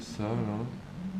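A small metal detent ball is being pushed by hand into its seat in the metal housing of a Walther CP88 CO2 air pistol frame during reassembly, while someone talks. Brief handling noise sits under the voice, and nothing has seated or clicked yet.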